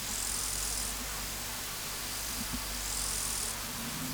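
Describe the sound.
Omocestus panteli grasshopper song: two hissing high-pitched bursts under a second each, roughly three seconds apart, over a constant low background hum.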